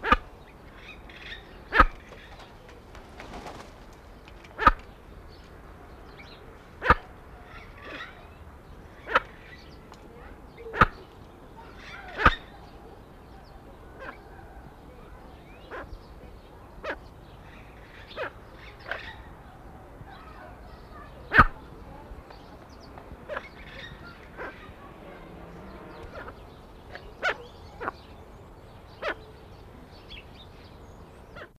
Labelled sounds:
Plumed Guineafowl call

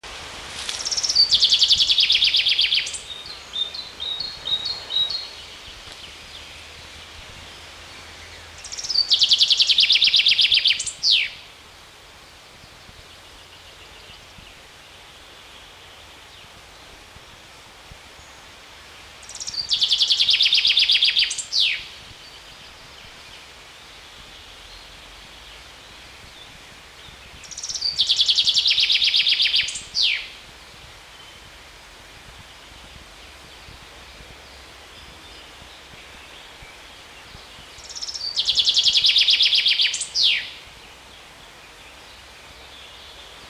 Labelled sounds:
Common Chaffinch song

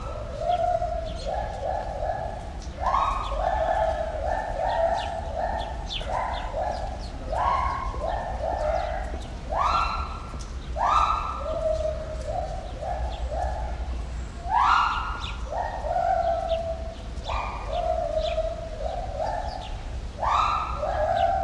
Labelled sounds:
Pileated Gibbon

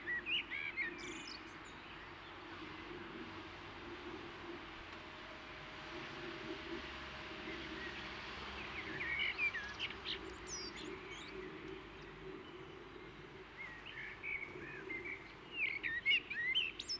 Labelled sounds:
Common Blackbird song

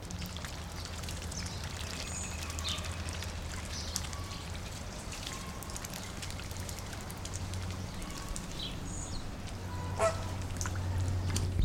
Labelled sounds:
American Flamingo call

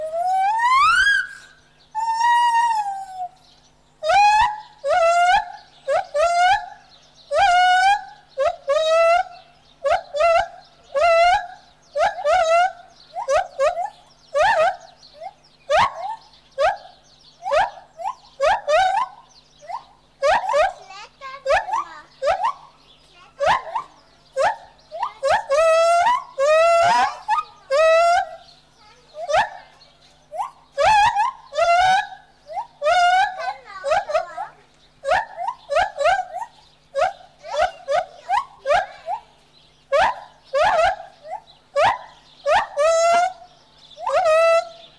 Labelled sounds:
Lar Gibbon

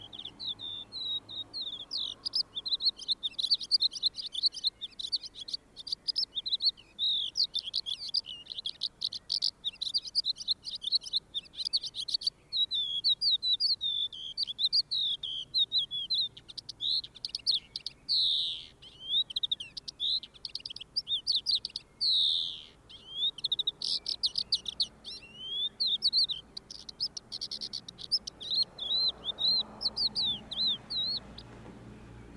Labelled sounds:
Crested Lark song

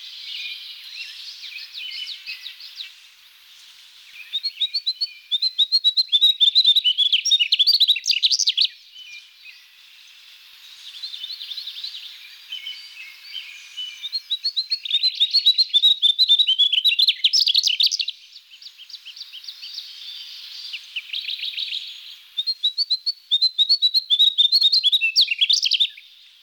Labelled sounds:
Mugimaki Flycatcher song

